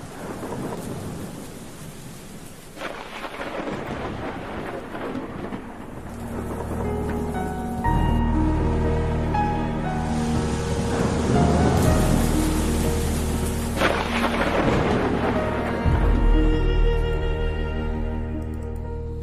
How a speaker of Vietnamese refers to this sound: Chỉ còn lại tiếng mưa gió văng vẳng đâu đó